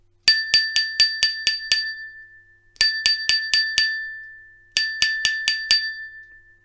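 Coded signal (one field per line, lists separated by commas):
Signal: bell signal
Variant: British railway block bell code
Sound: ringing bell struck in three quick groups: seven, five, then five strikes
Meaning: Signal box is closing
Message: 7-5-5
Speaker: I'm going to finish with this 755 closing signal box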